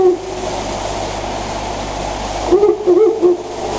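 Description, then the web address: Owl hooting: the tail of one phrase at the start, then a short series of low, wobbling hoots later, over steady rushing background noise. "birds fukurou"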